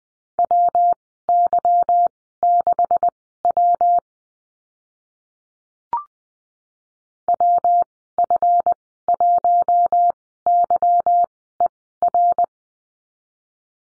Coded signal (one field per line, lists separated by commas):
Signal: Morse code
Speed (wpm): 20 wpm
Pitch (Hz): 700 Hz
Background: none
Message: WY6W WF1YER